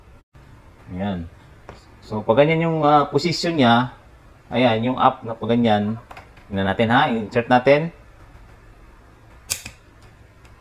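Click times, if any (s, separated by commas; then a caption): 9.5 s, 9.7 s. Someone talks while a tool-free keystone jack module is inserted guide-side up into a wall plate. Two sharp clicks follow at 9.5 s and 9.7 s as the jack snaps into the plate and locks in place.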